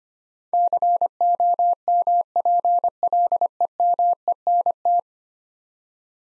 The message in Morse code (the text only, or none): COMPLEMENT